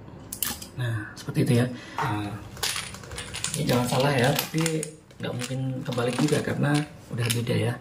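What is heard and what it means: The locking collar of the inlet hose quick-release coupling on a Bobi M26 pressure washer is pulled back to detach the hose, giving sharp clicks at 0.3 s and 0.4 s. Someone talks throughout, and the hose coupling is released.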